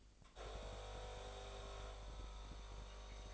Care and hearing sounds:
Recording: daily activity, microphone in the room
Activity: make coffee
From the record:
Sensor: 5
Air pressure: 1007.4 hPa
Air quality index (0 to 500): 119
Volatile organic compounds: 1 ppm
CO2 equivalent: 913 ppm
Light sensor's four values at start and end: 30/69/29/30 and 30/69/29/30

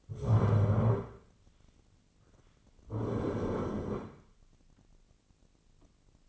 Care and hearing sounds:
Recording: daily activity, microphone in the room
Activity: stand up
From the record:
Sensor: 4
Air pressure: 1010.0 hPa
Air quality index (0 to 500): 196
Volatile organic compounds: 3 ppm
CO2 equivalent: 1409 ppm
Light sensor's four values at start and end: 38/94/39/42 and 38/94/39/42

